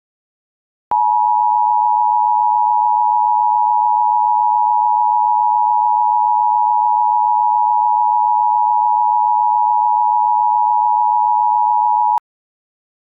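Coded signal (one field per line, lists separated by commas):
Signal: Emergency Alert System (SAME) tones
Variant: 853 and 960 Hz attention tone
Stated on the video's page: Simulated mock, not real.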